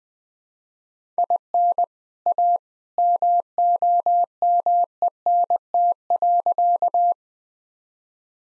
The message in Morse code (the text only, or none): IN A MOMENT.